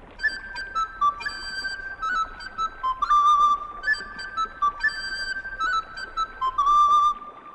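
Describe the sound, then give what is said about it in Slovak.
A willow whistle is blown in a run of bright, reedy tones, each note held briefly before sliding to the next, forming a simple repeating tune that rises and dips without any talking. “Tu je píšťalka. Ukáž, zaraz ju vyskúšam.”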